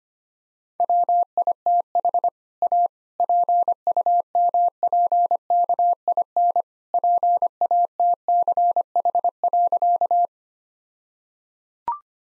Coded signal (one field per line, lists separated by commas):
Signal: Morse code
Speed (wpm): 25 wpm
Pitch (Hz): 700 Hz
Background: none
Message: WITH A PUMPKIN PATCH.